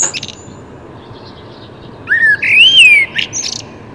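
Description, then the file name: Common blackbird gives a short fluting phrase that rises then falls, followed by a brief squeaky flourish. "Turdus merula"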